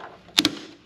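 The ratcheting gas cap on the fuel tank of a Toro TimeCutter mower with a 42-inch fabricated deck is screwed down until its ratchet clicks. Two sharp clicks are heard at 0.4 s and 0.5 s. The clicks show the cap is tight, and it cannot be over-tightened.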